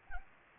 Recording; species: mosquito wingbeat signal from an infrared sensor; Anopheles arabiensis